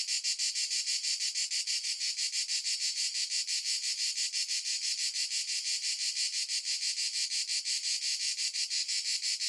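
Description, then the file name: Cicada song, a loud, high, hissing buzz pulsing steadily about three times per second without pause. A single cicada at noon in the Italian countryside. "jse single cicada noon countryside italy"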